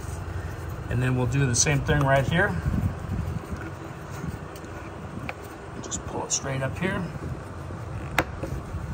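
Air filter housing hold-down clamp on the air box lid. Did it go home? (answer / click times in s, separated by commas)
yes / 8.2 s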